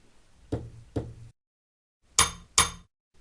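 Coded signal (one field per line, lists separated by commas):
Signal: bell signal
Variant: UK Absolute Block bell code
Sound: two quick dull bell strikes, then two louder ringing strikes, likely the signal repeated back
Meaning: Train entering section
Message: 2 strikes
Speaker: So we've just had 2 bells from Green Lane telling us that our passenger train is entering the section.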